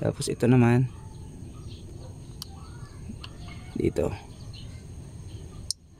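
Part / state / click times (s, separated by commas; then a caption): wire terminal into ignition coil connector housing / seated / 5.7 s. A wire terminal is pushed into a new plastic ignition coil connector socket on a Toyota Vios while someone talks. Quiet handling noise follows, and a sharp click at 5.7 s marks the terminal seating in the housing, confirmed okay.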